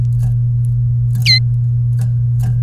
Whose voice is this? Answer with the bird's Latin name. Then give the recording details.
Serinus canaria. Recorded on 3 May 2018 at 16:53. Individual llb3